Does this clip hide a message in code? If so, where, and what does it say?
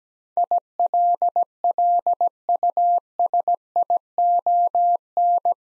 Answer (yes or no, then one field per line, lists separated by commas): yes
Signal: Morse code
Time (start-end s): 0.4-5.5 s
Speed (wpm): 17 wpm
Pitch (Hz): 700 Hz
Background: none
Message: ILLUSION